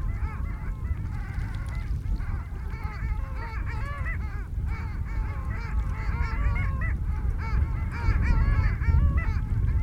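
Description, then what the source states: Long-tailed ducks chattering continuously, many overlapping wavering nasal notes, against loud low-frequency rumble that grows toward the end. Ducks calling delightfully at Barnegat Inlet on the Jersey Shore, New Jersey; one of the most distinctive voices of any bird.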